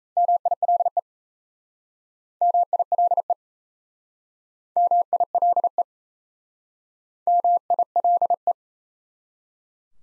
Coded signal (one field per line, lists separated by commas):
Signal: Morse code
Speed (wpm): 37 wpm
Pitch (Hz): 700 Hz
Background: none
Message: MILE MILE MILE MILE